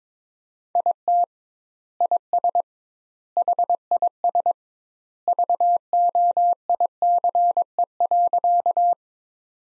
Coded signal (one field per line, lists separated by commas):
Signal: Morse code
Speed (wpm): 22 wpm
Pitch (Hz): 700 Hz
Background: none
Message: IT IS HIS VOICE.